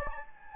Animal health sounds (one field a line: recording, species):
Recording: mosquito wingbeat signal from an infrared sensor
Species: Anopheles gambiae